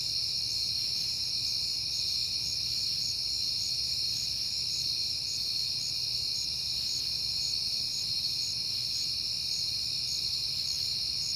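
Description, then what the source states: Crickets chirping in a steady, continuous high chorus, with a faint low hum underneath. Crickets at night, on a peaceful September night.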